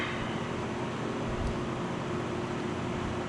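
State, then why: Not seated. A spark plug wire boot is handled at the spark plug terminal on a Foxbody Mustang V8 engine, with only a steady broadband hiss and low hum and no sharp transients. Nothing has seated or clicked yet; the boot has not snapped home onto the plug.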